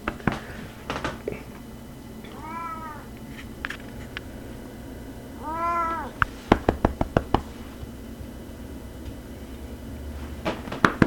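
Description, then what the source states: Domestic cat giving two long, rising-then-falling meows a few seconds apart, surrounded by sharp clicks and taps and a low hum. Cat conversation recorded in Quebec in 2012.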